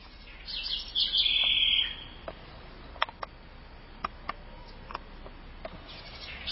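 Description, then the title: Southern house wren singing a loud, rapid jumble of high chattering and trilled notes for over a second, followed by quiet scattered ticks and clicks. "cURRUIRA"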